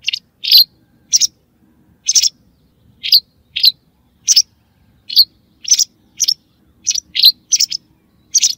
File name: Motacilla alba